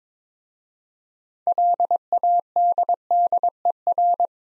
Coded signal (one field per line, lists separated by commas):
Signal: Morse code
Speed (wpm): 22 wpm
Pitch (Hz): 700 Hz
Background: none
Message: LADDER